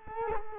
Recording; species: mosquito wingbeat signal from an infrared sensor; Culex quinquefasciatus